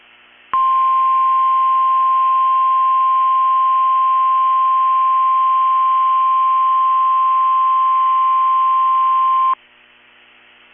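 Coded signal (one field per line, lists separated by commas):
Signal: Emergency Alert System (SAME) tones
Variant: 1050 Hz attention tone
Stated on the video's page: SAME tones of a Required Weekly Test on weather radio KEC65, moved to Thursday because of winter storms.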